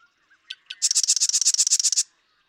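Marsh Wren song: two short introductory notes, then a fast, high, buzzy rattling trill lasting just over a second.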